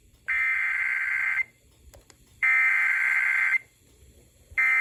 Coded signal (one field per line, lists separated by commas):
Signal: Emergency Alert System (SAME) tones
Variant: header bursts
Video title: Severe Thunderstorm Warning on 106.3 EAS#536